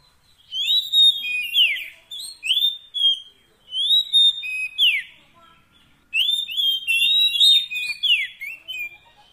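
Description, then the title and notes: Oriental magpie-robin song in three phrases of clear whistles and downward buzzy sweeps, repeated with short gaps between them. Fill-in (isian) training song of long duration, meant to get a kept bird singing vigorously (gacor) day and night. "Kacer Jadi Gacor Siang Malam. Isian Kacer Durasi Panjang"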